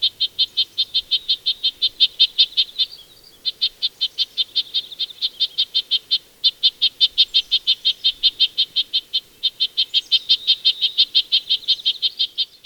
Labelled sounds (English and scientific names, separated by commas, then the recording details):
Red-breasted Nuthatch (Sitta canadensis) call
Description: Red-breasted Nuthatch call recorded on the Gem Lake Trail in Rocky Mountain National Park
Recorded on 22 June 2015